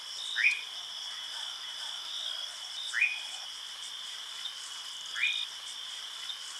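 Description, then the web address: European nightjar calls, three short upward-sweeping notes spaced roughly every two and a half seconds, over a steady high insect drone. "caprimulgus europaeus call"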